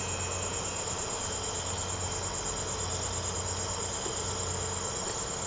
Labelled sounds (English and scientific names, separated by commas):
none